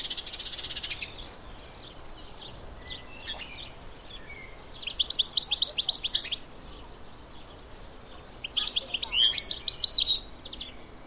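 Bird calls: thin high whistles at first, then two dense bursts of rapid, sharp chirping notes, over a constant background hiss.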